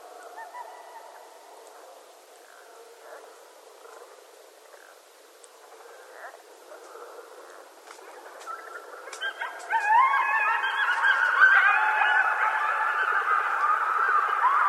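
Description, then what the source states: Coyotes start with scattered faint yips and short barks, then burst into a loud chorus of overlapping wavering howls and yips. Several coyotes, recorded 21 January 2012.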